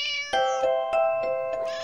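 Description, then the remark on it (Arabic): A high, thin kitten meow repeats in quick succession, several short tonal cries with strong harmonics and sharp starts, sounding alone without any talking. “القطة الصغيرة”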